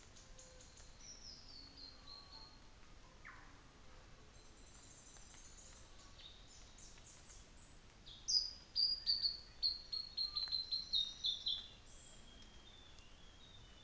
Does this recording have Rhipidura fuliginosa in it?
yes